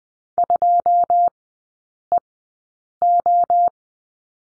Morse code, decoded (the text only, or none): 2 E O